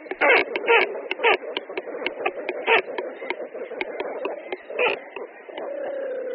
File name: Kormorán-velký